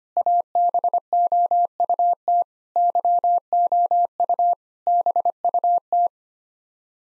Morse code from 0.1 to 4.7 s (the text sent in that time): ABOUT YOU